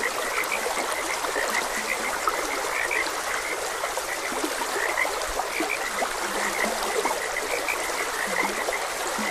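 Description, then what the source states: Frogs give a busy, unbroken chorus of clipped croaks, occasional deeper notes, with trickling stream noise throughout. Frogs croaking beside a gentle stream.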